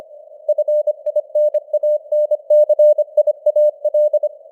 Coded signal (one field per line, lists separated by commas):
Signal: Morse code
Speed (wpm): 25 wpm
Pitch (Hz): 600 Hz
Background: none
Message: FINANCIAL